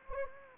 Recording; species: mosquito wingbeat signal from an infrared sensor; Anopheles gambiae